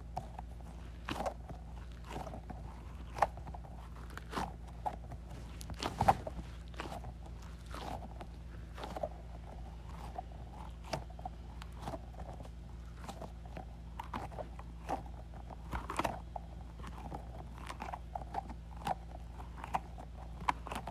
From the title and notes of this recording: ASMR Squeezing a Squishy Goo Ball.